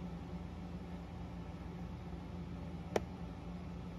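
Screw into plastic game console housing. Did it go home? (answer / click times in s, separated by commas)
yes / 3.0 s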